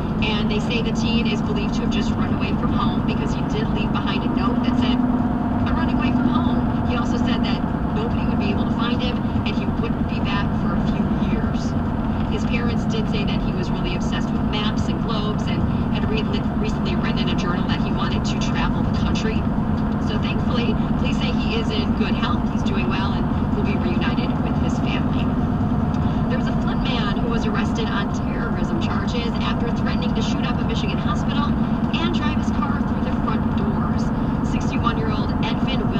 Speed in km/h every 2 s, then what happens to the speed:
81, 84, 85, 82, 79, 79, 77, 77, 79, 79, 79, 81, 79, 79, 79, 81, 81, 81.
4-11 slows to 77. 11-36 steady at about 79.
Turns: none.